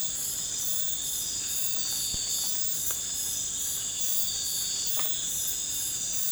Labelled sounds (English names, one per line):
none